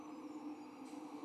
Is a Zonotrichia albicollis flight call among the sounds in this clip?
no